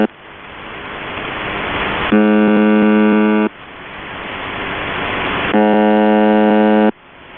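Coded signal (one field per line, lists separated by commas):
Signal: channel marker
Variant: UVB-76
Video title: The Buzzer (4625khz) - Live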